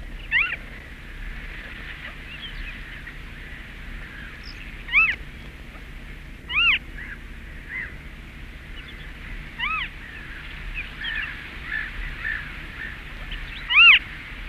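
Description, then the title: Western Marsh Harrier giving arched mewing calls at irregular intervals, several in fourteen seconds, with a steady background of other birds twittering. Finnish population about 800 pairs, breeding in reedbeds of lakes and bays, mainly in southern and central Finland; threatened by mink and raccoon dog. "Viikon luontoääni: Ruskosuohaukka"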